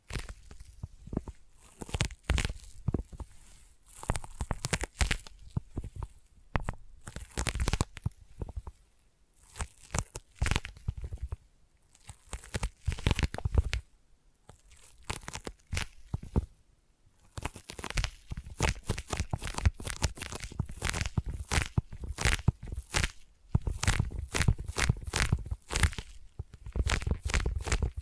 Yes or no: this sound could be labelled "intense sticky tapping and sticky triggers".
yes